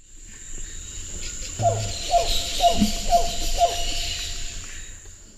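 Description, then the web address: Sungrebe call: five clear, mid-pitched notes, each sliding downward, spaced evenly about half a second apart, over a steady high insect hiss. Five-noted call; South America, Eastern Lowlands. "Natures Songs S America Eastern Lowlands Heliornis fulica, 5-noted call"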